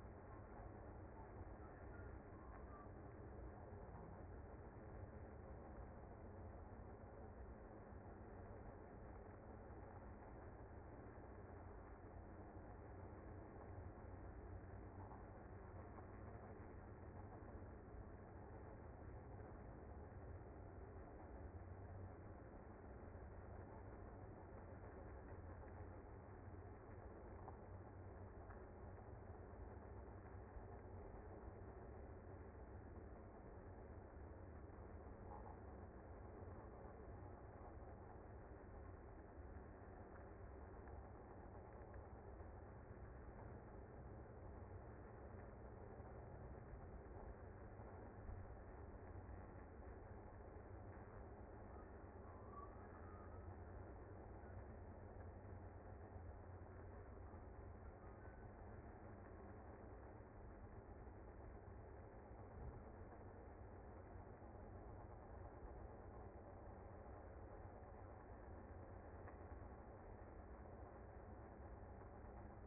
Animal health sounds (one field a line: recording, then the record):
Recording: honeybee colony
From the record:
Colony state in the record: active